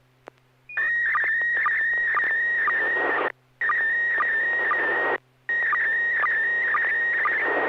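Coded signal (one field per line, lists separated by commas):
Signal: SSTV (slow-scan television)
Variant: PD120 mode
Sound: warbling high tone with regular low blips about twice a second, cut twice briefly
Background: radio hiss, low hum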